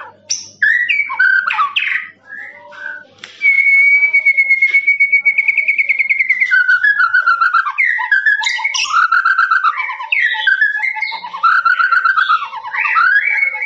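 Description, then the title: Lovebird song opening with scattered chirps, then a sustained buzzy trill held for about three seconds, breaking into fast squeaky chatter. Lovebird's long ngekek song, used as a master recording for training birds. "FULL DURASI MASTERAN LOVEBIRD NGEKEK PANJANG"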